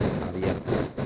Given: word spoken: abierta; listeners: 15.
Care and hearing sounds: one Spanish word in noise, from a listening test; noise modulated by three-talker babble; -6.0 dB; 0 of 15; 6 of 15; 0.66 s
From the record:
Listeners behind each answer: 6, 3, 2, 1, 1, 1, 1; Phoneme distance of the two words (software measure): 10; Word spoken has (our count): 3 syllables, 7 phonemes, stress on syllable 2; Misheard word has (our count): 3 syllables, 7 phonemes, stress on syllable 2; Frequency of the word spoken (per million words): 59.92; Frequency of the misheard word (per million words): 69.88

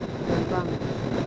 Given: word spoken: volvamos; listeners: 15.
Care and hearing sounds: one Spanish word in noise, from a listening test; noise modulated by three-talker babble; -5.3 dB; 1 of 15; 8 of 15; 0.86 s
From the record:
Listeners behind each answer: 8, 1, 1, 1, 1, 1, 1, 1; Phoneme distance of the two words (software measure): 21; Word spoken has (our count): 3 syllables, 8 phonemes, stress on syllable 2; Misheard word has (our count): 2 syllables, 5 phonemes, stress on syllable 1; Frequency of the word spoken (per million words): 5.17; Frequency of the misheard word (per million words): 150.99

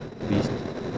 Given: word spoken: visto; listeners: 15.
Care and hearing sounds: one Spanish word in noise, from a listening test; noise modulated by three-talker babble; -3.2 dB; 1 of 15; 6 of 15; 0.58 s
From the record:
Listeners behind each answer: 6, 2, 2, 2, 1, 1, 1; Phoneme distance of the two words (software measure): 20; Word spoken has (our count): 2 syllables, 5 phonemes, stress on syllable 1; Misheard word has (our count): 2 syllables, 5 phonemes, stress on syllable 1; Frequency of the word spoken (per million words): 181.41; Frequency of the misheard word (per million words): 37.91

